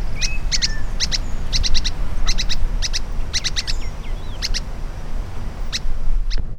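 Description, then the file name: Spix's spinetail giving short bursts of quick, sharp notes in rapid succession, with a few slurred whistles over a low rumble. Recorded at Campos do Jordão, SP, dated 4-12-09. "Synallaxis-spixi-PECamposdo Jord SP. ASilveira"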